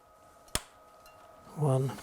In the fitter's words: so they should just simply click into place